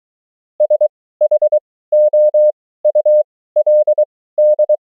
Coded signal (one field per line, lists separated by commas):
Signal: Morse code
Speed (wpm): 23 wpm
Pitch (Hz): 600 Hz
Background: none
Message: SHOULD